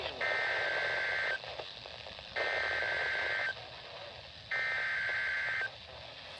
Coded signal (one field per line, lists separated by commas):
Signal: Emergency Alert System (SAME) tones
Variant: header bursts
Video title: Random SVR | WXJ28 | EAS #81